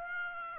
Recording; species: mosquito wingbeat signal from an infrared sensor; Aedes aegypti